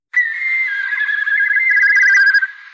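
A shrill, piercing battle whistle sounds alone, held steadily for over two seconds with a slight wavering pitch and a trilling, warbling edge near the end, like a kite's cry.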